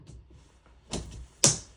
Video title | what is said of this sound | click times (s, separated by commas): A little investigation | That goes on there. As you hear it click, that goes on there. | 1.4 s